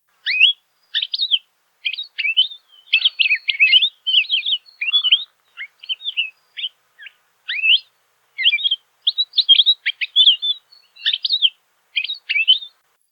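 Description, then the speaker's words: Palila calling, many sweet chirps and slurred whistled notes in short bursts in an irregular series, with no other sounds. About 500 palila remain in high-elevation forests on the leeward side of Mauna Kea, Hawaii, foraging on fruits of māmane and naio trees. "As you listen to the call of the palila, we invite you to join us in imitating their kani, to offer a pulse of vitality for their success."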